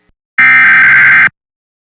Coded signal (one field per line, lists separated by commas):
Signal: Emergency Alert System (SAME) tones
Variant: header bursts